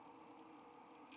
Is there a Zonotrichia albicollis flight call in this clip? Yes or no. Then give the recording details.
no. No flight call is heard. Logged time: 04:03 on 5 December 2014